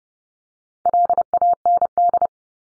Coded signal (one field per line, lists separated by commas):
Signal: Morse code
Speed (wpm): 30 wpm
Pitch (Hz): 700 Hz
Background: none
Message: LAND